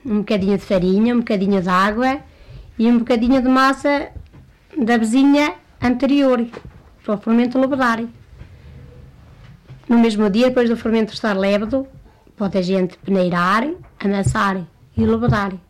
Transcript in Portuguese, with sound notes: Um bocadinho de farinha, um bocadinho de água e um bocadinho de massa da vezinha anterior, para o fermento levedar. [pausa] No mesmo dia, depois de o fermento estar lêvedo, pode a gente peneirar, amassar e levedar.